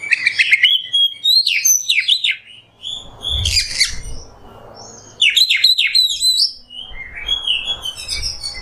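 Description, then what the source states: Oriental magpie-robin singing loud, varied phrases of sweet whistles, sharp upslurs and scratchy trills, with short pauses between bursts and a faint low hum beneath. Masteran tutor song of kacer in the nembak style.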